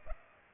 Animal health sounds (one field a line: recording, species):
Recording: mosquito wingbeat signal from an infrared sensor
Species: Aedes aegypti